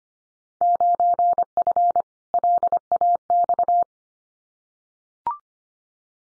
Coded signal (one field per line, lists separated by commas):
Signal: Morse code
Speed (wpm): 25 wpm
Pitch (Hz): 700 Hz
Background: none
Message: 9F LAX